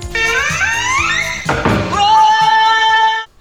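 Flamingo calls: a nasal, rising, honking cry, a short harsh burst, then a long steady nasal note, with low grunting sounds beneath.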